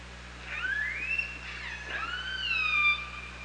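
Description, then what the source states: Killer whale calls underwater, two long tonal whistles gliding up then slowly down with bright harmonics, over steady low hum. OrcaLab hydrophone recording, 24 August 2017, 07:54.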